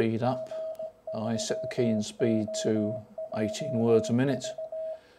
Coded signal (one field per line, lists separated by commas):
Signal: Morse code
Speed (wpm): 17 wpm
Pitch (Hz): 640 Hz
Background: speech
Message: G3OJV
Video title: More HF Tricks - Testing Antennas and Dead Bands